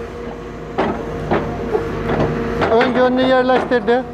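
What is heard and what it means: A crusher bucket is lined up front side first in the quick coupler of a Sumitomo SH 210 excavator, ahead of locking, while someone talks. A steady machine hum runs throughout, with broadband bursts near 0.8, 1.3 and 2.2 s, and a louder, strongly tonal whine from about 2.6 s onward. The bucket is only positioned; nothing has seated or clicked yet.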